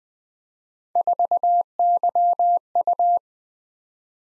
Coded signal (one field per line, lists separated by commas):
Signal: Morse code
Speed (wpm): 20 wpm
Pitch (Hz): 700 Hz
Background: none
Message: 4YU